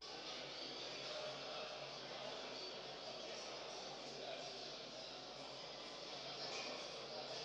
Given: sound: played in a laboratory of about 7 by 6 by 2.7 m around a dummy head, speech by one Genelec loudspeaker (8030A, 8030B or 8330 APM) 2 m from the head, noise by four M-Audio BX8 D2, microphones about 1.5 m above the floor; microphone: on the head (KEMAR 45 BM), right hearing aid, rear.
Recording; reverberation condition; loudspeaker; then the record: cafeteria noise; high; four, about 170 cm from the corners of the room and facing them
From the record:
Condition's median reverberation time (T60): about 1300 ms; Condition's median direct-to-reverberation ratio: about -4.0 dB